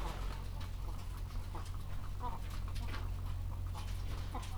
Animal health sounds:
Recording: poultry house recording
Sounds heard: sick chickens (respiratory disease)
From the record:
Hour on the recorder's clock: 14

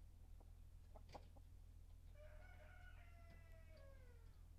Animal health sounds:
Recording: poultry house recording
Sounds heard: healthy chickens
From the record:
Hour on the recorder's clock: 18

